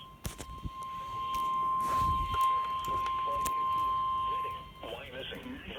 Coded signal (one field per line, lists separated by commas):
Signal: Emergency Alert System (SAME) tones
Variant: 1050 Hz attention tone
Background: speech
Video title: EAS Flash Flood Warning WXL40 & 101.3 FM EAS#136-137